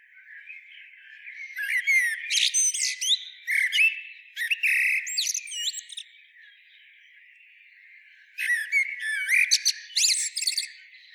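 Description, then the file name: Eurasian blackbird giving two bursts of rapid squeaky, twittering phrases with sharp whistled sweeps, separated by a quiet gap of about two seconds, over a faint steady hiss. "Turdus merula"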